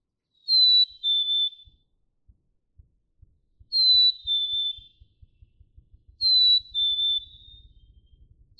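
Black-capped chickadee whistling a falling two-note song three times, over a steady low ticking that quickens toward the end.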